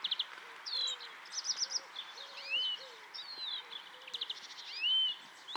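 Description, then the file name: European greenfinch calls: upslurred whistles and short buzzy trills against steady background hiss, with faint lower whistled notes from another source. "Chloris chloris"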